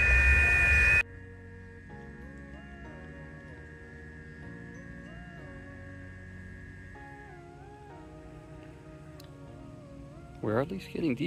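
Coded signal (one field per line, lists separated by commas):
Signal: FT8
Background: speech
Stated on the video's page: FT8 reception testing a homemade 3D-printed mini whip antenna copied from the Elecraft AX1 design.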